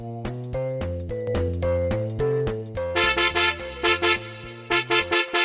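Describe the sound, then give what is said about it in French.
The horn of Speedette, a car, honks in the street in a run of sustained tones that shift in pitch like a melody, then breaks into short, bright, rhythmic toots toward the end. “Speedette, la voiture, c'est leur maman qui fait la conversation dans la rue.”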